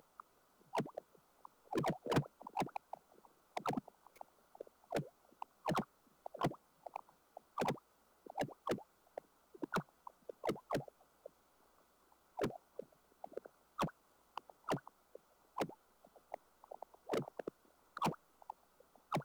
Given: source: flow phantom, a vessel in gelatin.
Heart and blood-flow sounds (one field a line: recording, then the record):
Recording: Doppler ultrasound of air bubbles in flowing water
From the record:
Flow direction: towards the transducer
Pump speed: changing at random every second, 150 to 250 rpm (540 to 900 mL/min)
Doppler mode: pulsed wave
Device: 7 MHz transducer